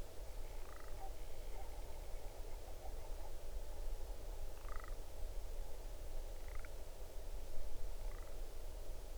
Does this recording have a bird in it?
yes